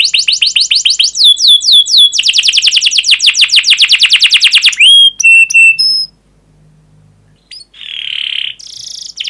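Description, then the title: Canary song: rapid trills of repeated high notes, with buzzy phrases and downslurred whistles, ending in short pauses and a final harsh burst. Energetic, fast, dense canary song with chirping and rolling phrases, played to lure and teach young canaries to sing. "Kenari Gacor Speed RAPAT Cuit Cuit Ngero L Suara Bagus Untuk Pancingan Kenari Paud Belajar Bunyi"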